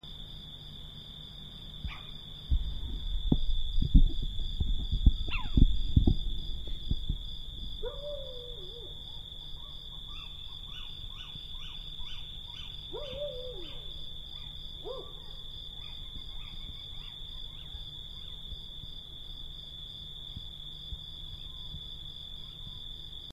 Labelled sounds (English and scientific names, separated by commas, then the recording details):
Little Owl (Athene noctua) call
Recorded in the wild
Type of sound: call
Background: Canis lupus f. familiaris
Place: Vasilikos, Zakynthos, Ionien Islands, GR
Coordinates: 37.7175, 20.9817
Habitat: olive grove
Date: 2012-07-02
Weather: 25°C, clear, almost windless
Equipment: Sound Devices 702, Sennheiser MKH 415 T, Rhode Windschutz
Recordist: Frommolt, Karl-Heinz
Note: Logothetis Farm: Rufe eines Steinkauzes. Z.T. starke Geräusche durch Mikrofonhandling